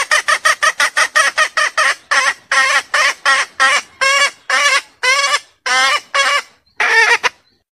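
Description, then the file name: Junglefowl mating call: fast, raspy clucks that slow into longer, spaced, wavering squawks, with pauses between them. Female junglefowl calling to solicit mating. "suara ayam hutan betina minta kawin"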